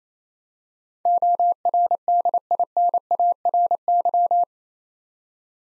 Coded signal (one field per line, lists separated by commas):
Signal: Morse code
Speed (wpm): 27 wpm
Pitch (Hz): 700 Hz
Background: none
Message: ORDINARY